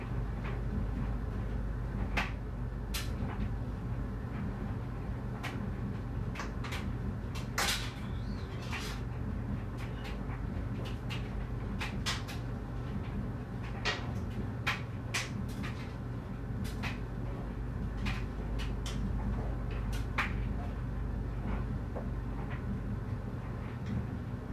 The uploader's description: It's laundry day and the dryer tumbles